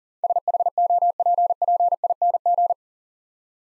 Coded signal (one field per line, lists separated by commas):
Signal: Morse code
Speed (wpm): 40 wpm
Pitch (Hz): 700 Hz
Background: none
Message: SHOPPING